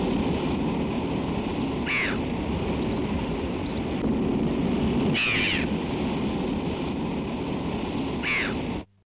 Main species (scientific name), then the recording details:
Chroicocephalus cirrocephalus. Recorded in captivity. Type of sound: call. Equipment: Halbspur, 9,5 cm/s. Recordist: Lütgens, Hans. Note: Süd-West-Afrika